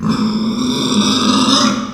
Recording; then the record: squeal of a Yucatan mini pig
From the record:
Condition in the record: after surgery on the right vocal fold (resection and tissue-engineered implant); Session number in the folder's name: 14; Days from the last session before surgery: 133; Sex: female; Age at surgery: 19 weeks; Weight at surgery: 25 kg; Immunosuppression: prednisolone